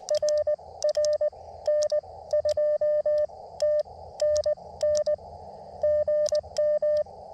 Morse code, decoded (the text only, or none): RR N2TNN GM